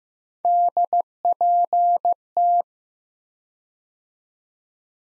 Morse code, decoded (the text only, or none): DPT